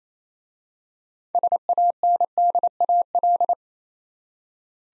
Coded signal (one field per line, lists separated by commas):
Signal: Morse code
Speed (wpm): 27 wpm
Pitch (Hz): 700 Hz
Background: none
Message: SANDAL